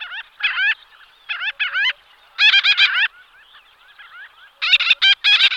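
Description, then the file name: Gull-billed tern giving grating call notes in short clusters separated by brief gaps, some louder and sharper than others. "rybák-černozobý"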